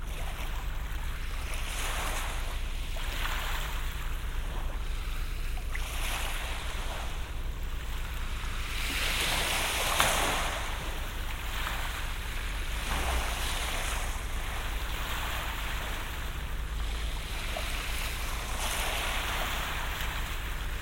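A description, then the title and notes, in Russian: Surf washes ashore in a steady, dense hiss that swells every couple of seconds, with a low rumble of wind underneath throughout. На берегу моря: шум прибоя и тёплый ветер.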